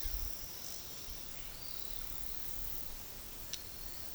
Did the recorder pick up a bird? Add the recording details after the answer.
no. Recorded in pastures near Puerto Asís, Putumayo, Colombia, on 21 February 2024 at 12:00. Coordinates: 0.468, -76.328. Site G6414